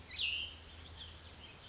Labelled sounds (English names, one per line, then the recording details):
Cassin's Vireo
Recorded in Sonoma County, California